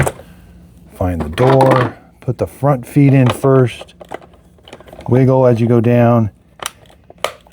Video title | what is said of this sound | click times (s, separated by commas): Stop Wasting Money - Dreame X60 Ultra Maintenance Done Right! | Make sure both of those click into place. | 6.7 s, 7.2 s